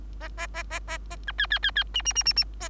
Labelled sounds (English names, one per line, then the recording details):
Bengalese Finch song
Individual Bird3